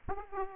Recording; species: mosquito wingbeat signal from an infrared sensor; Aedes aegypti